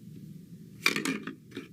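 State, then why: Seated. A plastic internal piece of an Interlogix motion sensor is slid into the housing until it snaps under two small ledges. A sharp snap at 0.9 s rises over a steady low background hum, followed by a few smaller clicks and rattles. The piece is seated.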